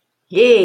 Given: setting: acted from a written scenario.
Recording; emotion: vocal sound without words; pride